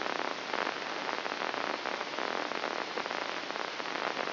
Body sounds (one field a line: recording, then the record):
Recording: brain microelectrode recording played as sound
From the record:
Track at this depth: inside the subthalamic nucleus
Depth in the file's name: 4.709 mm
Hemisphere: left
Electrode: 2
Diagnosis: Parkinson's disease